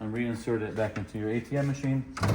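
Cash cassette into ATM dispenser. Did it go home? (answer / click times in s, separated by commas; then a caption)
no / none. A cash cassette for a Genmega retail ATM is being handled to go back into the ATM dispenser while someone talks throughout. Nothing has seated or clicked yet.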